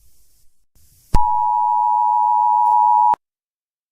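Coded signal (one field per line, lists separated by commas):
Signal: Emergency Alert System (SAME) tones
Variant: 853 and 960 Hz attention tone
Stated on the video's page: Nationwide EAS emergency alert received by everyone, discussed in a live stream.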